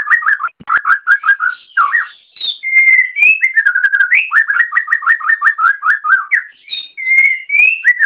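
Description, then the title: Oriental magpie-robin song, a fast, varied run of clear whistled notes and rapid repeated trills, with sliding phrases and barely a pause. "Kicau Kacer"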